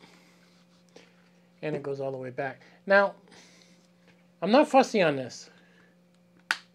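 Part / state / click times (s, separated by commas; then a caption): flip-top cap on a shaker bottle lid / seated / 6.5 s. Someone talks while flipping the flip-up cap on the lid of a Helimix Vortex Blender shaker bottle. At 6.5 s it snaps shut with one sharp click. The cap clicks closed, but it may not lock into place very securely.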